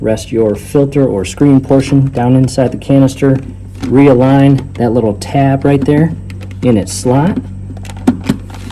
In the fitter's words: it should click right into place.